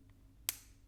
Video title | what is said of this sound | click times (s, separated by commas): LEGO ASMR Build - Spring Animal Playground | Satisfying click incoming. Nice. | 0.5 s